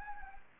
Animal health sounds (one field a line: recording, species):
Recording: mosquito wingbeat signal from an infrared sensor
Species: Anopheles arabiensis